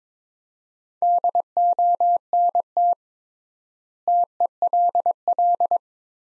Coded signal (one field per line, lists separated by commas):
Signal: Morse code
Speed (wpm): 22 wpm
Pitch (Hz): 700 Hz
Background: none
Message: DONT TELL